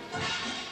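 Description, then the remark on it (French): Hachoum (Sneezy), one of the seven dwarfs in Snow White, gives a single sharp sneeze, a brief breathy burst of noise that rises quickly and fades within a second, with no talking around it. “Il éternue entre tous les mots. Écoutez-le.”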